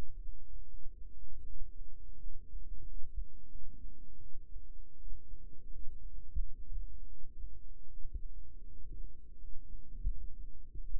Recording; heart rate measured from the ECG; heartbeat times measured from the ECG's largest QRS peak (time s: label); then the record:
heart sounds by microphone in the right ear; 83 bpm
0.69 s: heartbeat
1.45 s: heartbeat
2.20 s: heartbeat
2.87 s: heartbeat
3.50 s: heartbeat
4.20 s: heartbeat
4.98 s: heartbeat
5.71 s: heartbeat
6.36 s: heartbeat
7.08 s: heartbeat
7.89 s: heartbeat
8.68 s: heartbeat
9.39 s: heartbeat
10.07 s: heartbeat
10.80 s: heartbeat
From the record:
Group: healthy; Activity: rest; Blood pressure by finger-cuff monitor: 132/66 mmHg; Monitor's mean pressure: 83 mmHg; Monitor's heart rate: 85 bpm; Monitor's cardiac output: 8.1 L/min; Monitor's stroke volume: 98 mL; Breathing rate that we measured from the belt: 19 breaths a minute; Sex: female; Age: 22 years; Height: 160 cm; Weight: 63 kg